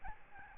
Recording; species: mosquito wingbeat signal from an infrared sensor; Aedes albopictus